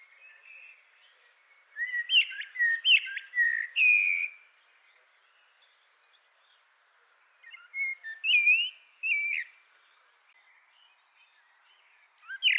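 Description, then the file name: Common blackbird song: two bursts of mellow whistles broken by squeaky high twitters, with a long pause between, and another phrase starting at the end. "Turdus merula"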